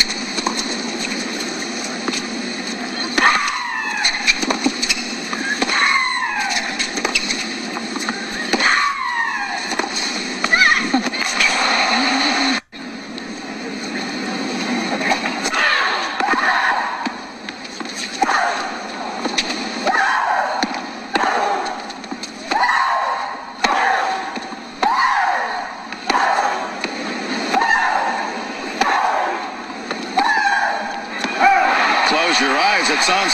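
Women tennis players cry out in repeated loud grunts and shrieks, each a short burst that often bends downward in pitch. The early cries come every few seconds; after an abrupt cut near 12 seconds, shorter cries arrive more often over a steady background murmur.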